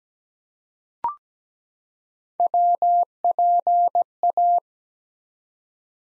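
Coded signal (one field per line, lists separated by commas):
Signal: Morse code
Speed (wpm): 17 wpm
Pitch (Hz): 700 Hz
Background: none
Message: WPA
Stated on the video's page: Morse practice of ARRL section abbreviations used in Field Day contest exchanges at 17 wpm, sent twice.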